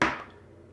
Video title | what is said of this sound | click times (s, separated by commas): Fix your slipping whoop motor bells! | push it down kind of hard it clicked that's actually not fully seated there it goes | 0.0 s